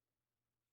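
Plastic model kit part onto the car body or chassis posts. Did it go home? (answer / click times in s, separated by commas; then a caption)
no / none. A plastic part from a scale model car kit is handled as it is dry-fitted onto its locating posts on the car body or chassis. Only a faint, steady low hum is heard, with no distinct clicks. Nothing has seated or clicked yet.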